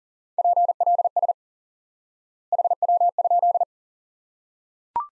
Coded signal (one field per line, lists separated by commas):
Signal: Morse code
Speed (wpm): 40 wpm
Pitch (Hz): 700 Hz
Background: none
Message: PLS HW?